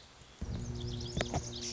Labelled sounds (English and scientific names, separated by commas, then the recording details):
Lazuli Bunting (Passerina amoena)
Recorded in Sonoma County, California